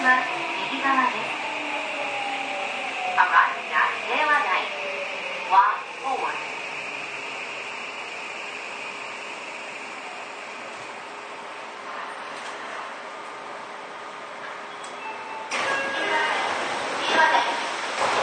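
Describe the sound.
A Seibu 6000 series train runs with a steady rumble and a thin held tone underneath. In the first five seconds a motor whine glides down in pitch among clattering knocks, then the ride settles before louder rattling returns near the end.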